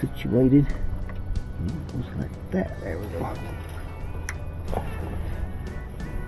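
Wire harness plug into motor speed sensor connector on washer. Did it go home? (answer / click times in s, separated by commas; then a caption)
yes / 4.3 s. A wiring plug on the modified motor speed sensor harness of a GE washer is pushed into the motor speed sensor connector while someone talks. A sharp click at 4.3 s marks the plug latching, and the connector is seated.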